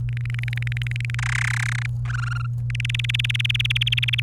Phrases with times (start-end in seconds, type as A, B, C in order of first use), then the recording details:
0.09-1.15 A, 1.19-1.86 B, 2.05-2.46 C, 2.70-4.20 D. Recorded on 29 April 2018 at 17:46. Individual llb3